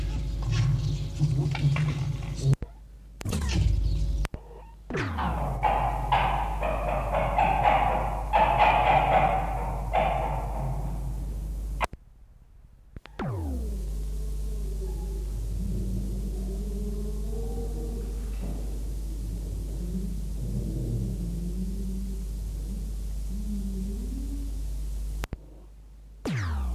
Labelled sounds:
Red Fox
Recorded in captivity
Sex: diverse
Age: adult
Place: Zoologisches Institut der HUB, Berlin, DE
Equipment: Elmetra
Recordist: Tembrock, Günter
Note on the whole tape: Tonband Kopie 2: Erwachsene Füchse: Rotfuchs-Lautgebung-Lautinventar (Beschreibung siehe Beipackzettel)

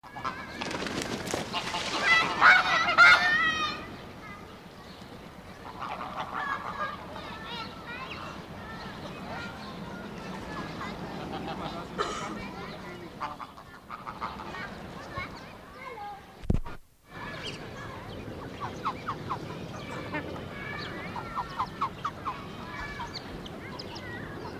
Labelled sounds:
White-faced Whistling Duck call
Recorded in captivity
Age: adult
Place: Zoo Halle, Sachsen-Anhalt, DE
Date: 1987-04-11
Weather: fair, 7-10°C
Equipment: Nagra SN, Kopie Tesla B 116
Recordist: Tembrock, Günter

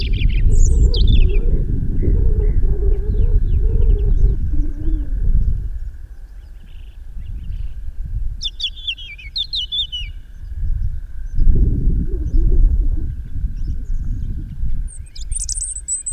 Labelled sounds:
European Robin song
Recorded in the wild
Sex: male
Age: adult
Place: Röttenbach, Bayern, DE
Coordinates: 49.6633, 10.9539
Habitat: forest
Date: 1962-04-18
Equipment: Stellavox SM 5, Original, Vollspur, hochgestelltes Mikrofon
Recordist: Tretzel, Erwin

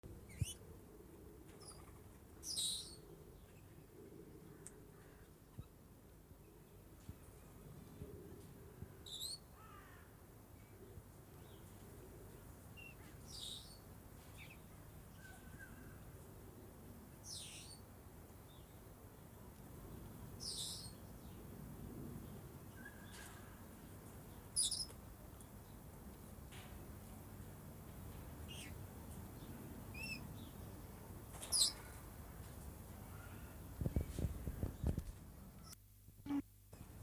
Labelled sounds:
Senegal Parrot call
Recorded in captivity
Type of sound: call
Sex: pair
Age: adult
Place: Tiergarten Wilhelma/Stuttgart, Baden-Württemberg, DE
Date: 2005-03-14 14:55
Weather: heiter, 5-8°C
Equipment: Sony WM-D6C, Sony ECM-MS 907, Kopie Uher 4000 Report Monitor
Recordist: Tembrock, Günter
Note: Mohrenpapagei: Kurzlaute (Paar)

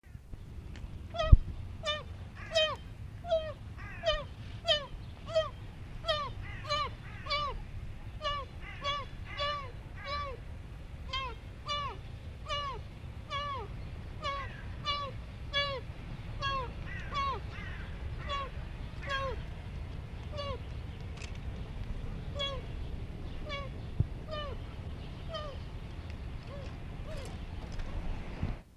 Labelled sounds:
Fallow Deer call
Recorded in captivity
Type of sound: call
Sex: female
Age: juvenile
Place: Tierpark Berlin, Berlin, DE
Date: 1965-08-16 18:00
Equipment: Uher 4000 Report-S, Transistorverstärker, Sennheiser MD 421
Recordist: Tembrock, Günter
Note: Jungtier, Mitte Juni geboren: Rufe. Abstand: 8-15 m. Aufnahmezeit: 18.00-20.00 Uhr

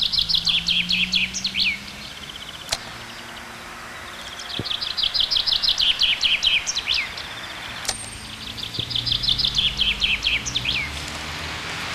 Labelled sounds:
Common Chaffinch song
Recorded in the wild
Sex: male
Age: adult
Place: Kaiserslautern, Rheinland-Pfalz, DE
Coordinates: 49.4372, 7.80972
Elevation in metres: 310
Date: 1985-04-07
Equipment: Uher 4000 Report
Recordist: Tretzel, Erwin

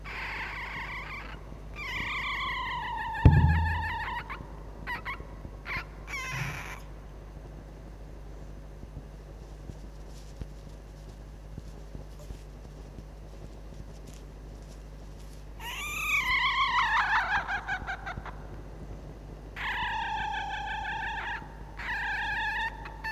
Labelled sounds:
Red Fox
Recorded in captivity
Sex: female
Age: juvenile
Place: Zoologisches Institut der HUB, Berlin, DE
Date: 1956-05-13 12:30
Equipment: Elmetra
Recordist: Tembrock, Günter
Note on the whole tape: Molly-Welpen: Weibchen: Bellrhythmus und helles, gepreßtes Tremolo

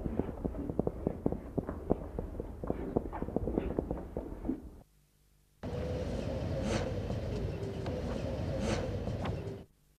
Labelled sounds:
Common Ostrich wing sound
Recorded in captivity
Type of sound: wing sound
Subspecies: australis
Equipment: Halbspur, 9,5 cm/s
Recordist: Lütgens, Hans
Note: Flügelschütteln

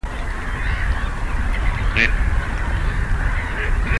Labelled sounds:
Gadwall call
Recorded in the wild
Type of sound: call
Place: Kützerhof, Kummerower See, Mecklenburg-Vorpommern, DE
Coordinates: 53.85, 12.86
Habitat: wetland
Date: 2010-04-29
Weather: 10°C, weak winds
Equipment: Sound Devices 702, Sennheiser MKH 70, Rycote Windschutz
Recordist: Frommolt, Karl-Heinz
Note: Polder Große Rosin: 1 Ruf einer Schnatterente

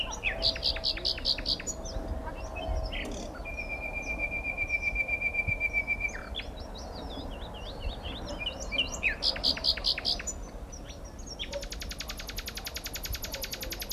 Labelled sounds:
Common Nightingale song
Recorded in the wild
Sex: male
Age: adult
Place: Mühlenbecker Land, OT Buchhorst, Naturpark Barnim, Brandenburg, DE
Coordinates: 52.6736, 13.3908
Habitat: ponds - alder marsh
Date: 1975-05-02 16:45
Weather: partly sunny, 16°C
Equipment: Uher CR 210, Sennheiser MD 421, Verstärker, Kopie Uher 4200
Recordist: Tembrock, Günter

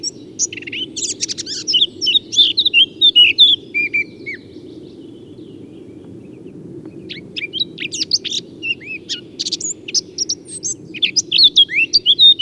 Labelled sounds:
Eurasian Blackcap song
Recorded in the wild
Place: Groß Nemerow, Mecklenburg-Vorpommern, DE
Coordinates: 53.345, 13.205
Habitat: Forest
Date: 1982-04-26
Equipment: Nagra III BH, Sennheiser MD 21, parabola
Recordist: Schubert, Michael

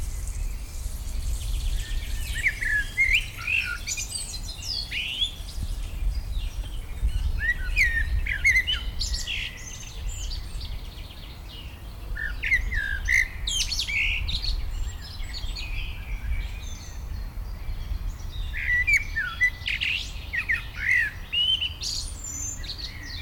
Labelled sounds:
Common Blackbird
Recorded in the wild
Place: Schloßpark Niederschönhausen, Berlin, DE
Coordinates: 52.58, 13.4
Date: 1996-05-18 12:58
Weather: sonnig, 17°C
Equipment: Sony MD-WM MZ-R3, Sennheiser MKH 416 T, Kopie Uher 4000 Report Monitor
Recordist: Tembrock, Günter

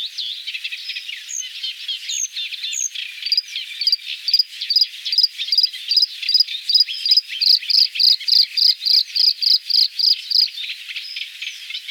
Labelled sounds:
Bluethroat song
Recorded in the wild
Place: NSG Wagbachniederung, Baden-Württemberg, DE
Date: 1981-05-24
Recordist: Schwarz, Dieter
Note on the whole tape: Song

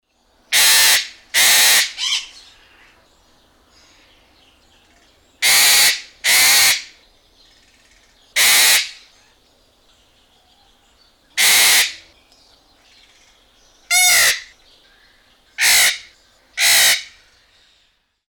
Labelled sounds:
Eclectus Parrot
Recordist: Tembrock, Günter
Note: Rufe

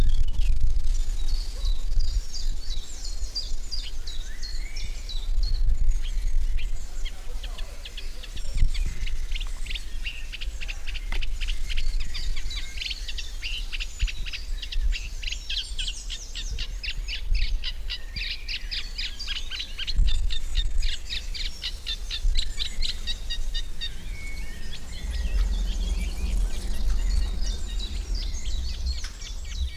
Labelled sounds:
Eurasian Reed Warbler song
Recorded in the wild
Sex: male
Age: adult
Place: Lübars (Fließtal), Berlin, DE
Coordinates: 52.6167, 13.35
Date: 1999-05-30 11:24
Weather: fair, 26°C, wind
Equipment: Sony MD-WM MZ-R3, Sennheiser ME 80, Kopie Uher 4000 Report Monitor
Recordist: Tembrock, Günter

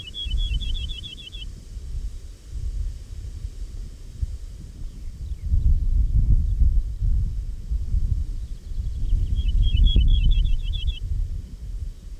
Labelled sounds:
Ortolan Bunting song
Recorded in the wild
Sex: male
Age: adult
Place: Lemgow, OT Puttball, Wendland, Niedersachsen, DE
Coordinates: 52.9244, 11.2839
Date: 1969-05-24
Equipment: Uher 4000 Report-S, Bändchenmikro Beyer M 260, Parabolspiegel Polyester (470 mm)
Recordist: Conrads, Klaus

